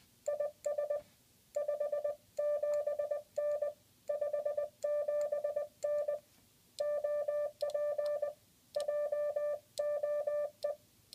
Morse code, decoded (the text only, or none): IS 57N 57N OP JOE